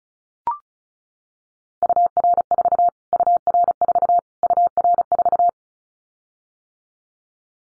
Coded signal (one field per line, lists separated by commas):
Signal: Morse code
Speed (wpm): 34 wpm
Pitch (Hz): 700 Hz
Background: none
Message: UR4 UR4 UR4